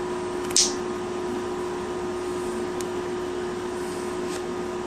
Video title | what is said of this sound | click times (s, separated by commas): Complete Detailed Assembly | and once that rides up over I'm going to show you how this locks into place and you should be able to hear it | 0.6 s